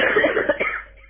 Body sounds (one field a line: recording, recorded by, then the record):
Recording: voluntary cough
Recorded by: telephone call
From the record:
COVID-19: positive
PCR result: checked with the laboratory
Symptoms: yes